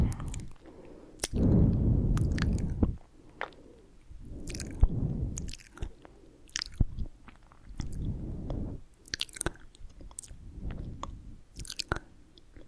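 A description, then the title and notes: Intense mouth sounds, wet and chewy, come in thick low swells roughly every two to three seconds, the loudest near the start. Sharp clicks and smacks pop in between, bright and irregular, with quieter gaps separating each burst of chewing. ASMR Intense Mouth Sounds with New Mic.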